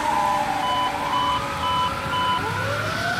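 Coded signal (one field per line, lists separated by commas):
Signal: none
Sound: truck reversing beeps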